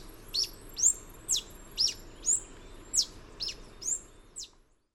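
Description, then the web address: Yellow-throated bush tanager giving a series of sharp, high chips about twice a second, ending abruptly into silence. Recorded in Ecuador. "Natures Songs S America Birds of Ecuador Yellow-throated Bush-Tanager"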